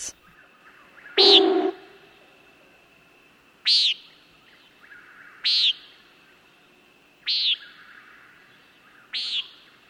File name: Common Nighthawk